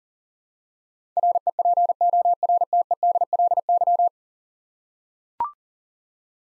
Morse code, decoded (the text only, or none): REPORTEDLY